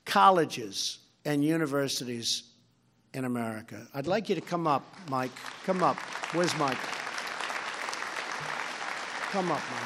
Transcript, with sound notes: colleges, and universities in America. I’d like you to come up, Mike. Come up. (Applause.) Where’s Mike? Come up, Mike.